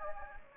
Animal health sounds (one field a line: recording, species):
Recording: mosquito wingbeat signal from an infrared sensor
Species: Anopheles gambiae